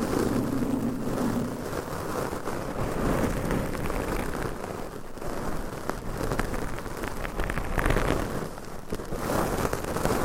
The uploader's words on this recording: ASMR Mic Scratching , Tapping & Brushing with Different Mic Covers , Brushes & Nails No Talking.